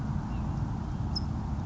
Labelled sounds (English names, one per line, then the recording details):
California Towhee
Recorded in Sonoma County, California